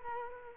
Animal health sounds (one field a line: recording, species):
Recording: mosquito wingbeat signal from an infrared sensor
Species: Culex quinquefasciatus